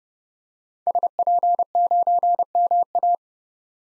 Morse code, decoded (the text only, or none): SP9MA